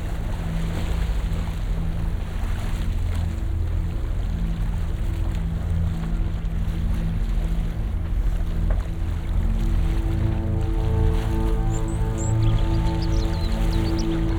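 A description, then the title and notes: Water sounds driven by tide data form a dense, steady low rumble, close to a boat engine, with droning tones layered underneath. After about ten seconds, clearer pitched tones stack up in the middle range, and faint bright rising chirps appear near the end. Alessandro Fogar, for the installation 'Amber', conceived together with Paola Pisani, has created a sound environment, in the form of a generative system, based on the creation of a virtual microcosm made of sounds. Live recording.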